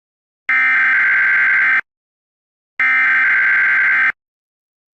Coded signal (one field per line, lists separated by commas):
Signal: Emergency Alert System (SAME) tones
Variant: header bursts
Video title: Go Outside (EAS)